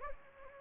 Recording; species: mosquito wingbeat signal from an infrared sensor; Anopheles gambiae